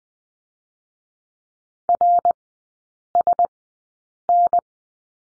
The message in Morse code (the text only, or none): RSN